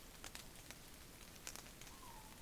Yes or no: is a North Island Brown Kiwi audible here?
no